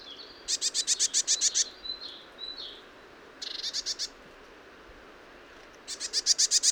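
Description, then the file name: Eurasian blue tit: a long harsh churr, a few soft high whistled notes, then two more rapid scolding bursts of grating notes. "Cyanistes caeruleus"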